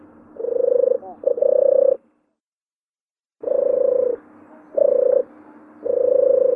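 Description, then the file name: European turtle dove purring song, low rolling purrs in phrases, then a pause of over a second before three more purrs, with a faint steady hum beneath. Recorded in May. "Обыкновенная горлица Май. Б Н Вепринцев"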